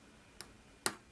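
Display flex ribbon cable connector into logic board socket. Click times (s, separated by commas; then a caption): 0.9 s. An iPhone 5s digitizer display flex ribbon cable connector is lined up over its logic board socket and pressed down, with a faint tick at 0.4 s before a sharp, bright snap at 0.9 s. The connector clicks in and is seated.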